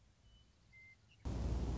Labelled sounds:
Western Meadowlark

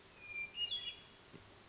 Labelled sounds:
Hermit Thrush

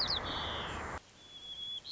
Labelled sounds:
White-crowned Sparrow

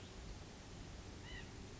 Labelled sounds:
White-breasted Nuthatch

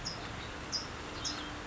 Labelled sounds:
California Towhee

